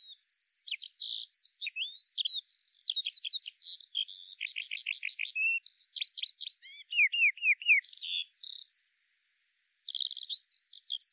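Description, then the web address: Bird song, rapid high warbling with buzzy trills and downward-slurred notes, falling silent for about a second before resuming briefly at the end. "Deverinetal 2025 File cleaned normalized Bird Al Ar"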